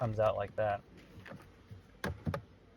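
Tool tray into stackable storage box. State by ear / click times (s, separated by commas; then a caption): seated / 2.0 s, 2.3 s. A plastic tool tray on a Flex Stack stackable storage system is pushed back into place as someone talks. Two sharp clicks at 2.0 and 2.3 seconds mark the tray seating into the storage box.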